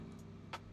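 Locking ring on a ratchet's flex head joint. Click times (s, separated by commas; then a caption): 0.5 s. A locking ring on the flex head joint of a Pro-Auto PFR-03L round-head flex ratchet is squeezed, and the head clicks into a locked angle at 0.5 s with a short, sharp click. A steady low hum sits underneath. The head locks in place and holds sturdy.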